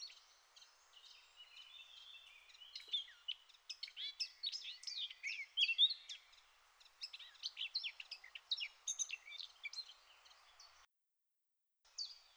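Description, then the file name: Eurasian blackcap song: a long, rambling subdued warble of varied scratchy and sweet notes over a steady background hiss, with a short gap near the end. "Sylvia atricapilla"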